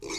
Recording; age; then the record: pig call; weaner (32 to 43 days)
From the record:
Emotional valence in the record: negative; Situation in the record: novel object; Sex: female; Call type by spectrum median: high-frequency call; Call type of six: high-frequency stable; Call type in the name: high-frequency stable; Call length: 0.19 s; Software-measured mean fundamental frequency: 393 Hz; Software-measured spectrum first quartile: 729 Hz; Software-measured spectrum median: 2388 Hz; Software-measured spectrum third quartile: 5289 Hz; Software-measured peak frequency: 347 Hz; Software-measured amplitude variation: 84 dB a second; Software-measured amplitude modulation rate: 15.4 a second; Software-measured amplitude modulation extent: 5.5 dB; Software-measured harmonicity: 3.7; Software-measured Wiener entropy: -2.75